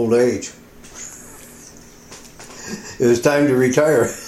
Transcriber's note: laughter